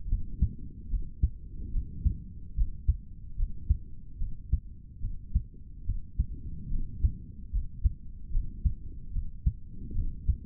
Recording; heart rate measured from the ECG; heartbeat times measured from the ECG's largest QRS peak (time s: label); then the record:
heart sounds by stethoscope; 73 bpm
0.07 s: heartbeat
0.88 s: heartbeat
1.71 s: heartbeat
2.55 s: heartbeat
3.36 s: heartbeat
4.18 s: heartbeat
5.00 s: heartbeat
5.84 s: heartbeat
6.69 s: heartbeat
7.51 s: heartbeat
8.30 s: heartbeat
9.11 s: heartbeat
9.93 s: heartbeat
From the record:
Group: healthy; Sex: male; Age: 55 years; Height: 167 cm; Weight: 57.2 kg